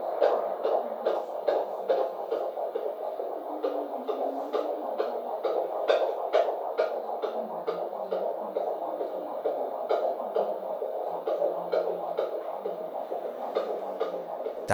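Rapid, steady whooshing Doppler pulses at about 148 beats per minute, a normal fetal heartbeat at about 17 to 18 weeks of pregnancy, picked up with a handheld Doppler wand with gel on the belly at a midwife appointment.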